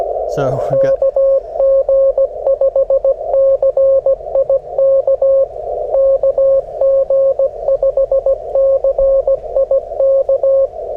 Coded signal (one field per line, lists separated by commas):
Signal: Morse code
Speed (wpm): 17 wpm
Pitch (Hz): 540 Hz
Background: speech, radio noise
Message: KG5CIK KG5CIK